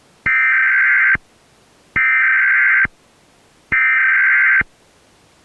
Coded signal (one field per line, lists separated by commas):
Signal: Emergency Alert System (SAME) tones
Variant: header bursts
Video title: Emergency Broadcast Loop Failure | An Emergency Warning EAS Mock